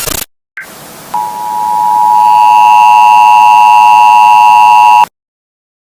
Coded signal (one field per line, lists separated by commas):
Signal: Emergency Alert System (SAME) tones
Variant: 853 and 960 Hz attention tone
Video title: EAS- ALIEN INVASION IMMANENT—————————————————————YOU CANT STOP US